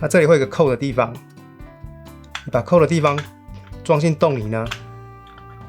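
A patterned stamp plate is being fitted into the plunger of a plastic mooncake press, with its tab being placed into the hole before the plate is turned clockwise to lock. Someone talks over background music, and there are only faint handling sounds. Nothing has seated or clicked yet.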